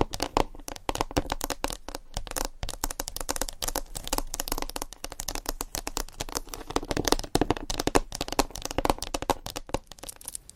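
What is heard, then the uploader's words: Rapid tapping and scratching with fingernails on a surface. Dense, sharp clicks come in quick irregular bursts throughout, with bright, crisp edges and a faint low hum underneath. ASMR Tapping and Scratching with 17 Different Mics , Surfaces & Nails No Talking.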